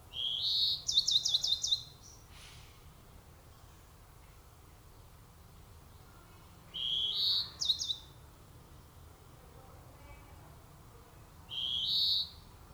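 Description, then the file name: European greenfinch calls: bursts of rapid buzzy trills and brief rising notes high in pitch, three groups spaced several seconds apart, over a faint low background rumble. "Chloris chloris"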